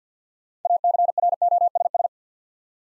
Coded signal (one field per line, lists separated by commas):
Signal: Morse code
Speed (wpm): 52 wpm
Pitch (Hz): 700 Hz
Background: none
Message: ACROSS